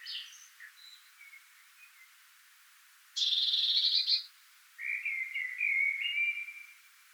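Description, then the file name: Eurasian blue tit calls: a few faint thin notes, then one loud buzzy churring burst, followed by a run of quick warbled twittering notes. "Cyanistes caeruleus"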